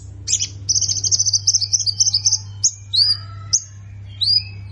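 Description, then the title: Plain prinia singing a fast trilled phrase of high chips, followed by a few separate sweeping notes, with a low hum throughout. "Ciblek Sawah"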